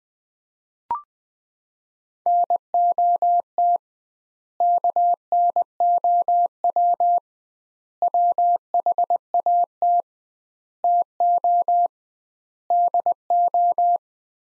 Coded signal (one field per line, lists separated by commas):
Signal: Morse code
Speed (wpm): 20 wpm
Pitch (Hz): 700 Hz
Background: none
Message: NOT KNOW WHAT TO DO